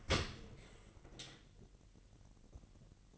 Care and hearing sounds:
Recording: daily activity, microphone in the room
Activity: open dishwasher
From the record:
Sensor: 4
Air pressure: 1001.4 hPa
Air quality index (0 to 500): 248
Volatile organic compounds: 44 ppm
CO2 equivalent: 3217 ppm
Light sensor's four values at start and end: 8/19/7/7 and 8/18/7/7

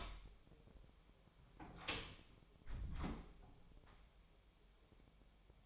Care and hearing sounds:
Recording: daily activity, microphone in the room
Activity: close door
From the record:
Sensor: 1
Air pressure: 1007.6 hPa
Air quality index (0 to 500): 194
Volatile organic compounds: 18 ppm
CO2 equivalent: 2622 ppm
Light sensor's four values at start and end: 13/33/13/15 and 13/31/13/14

